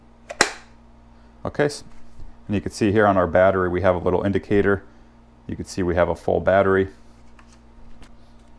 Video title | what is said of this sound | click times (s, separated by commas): Greenworks Impact Driver Tutorial ISG402 | and just slide it in until we hear a click | 0.4 s